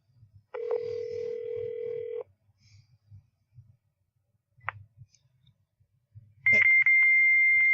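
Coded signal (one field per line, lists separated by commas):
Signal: fax machine handshake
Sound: a low hum-like tone, quiet murmuring, then a loud steady high-pitched answer tone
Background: faint room murmurs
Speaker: fax tone. All right, Libby, you win.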